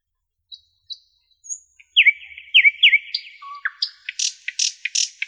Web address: soorten sounds N Nightingale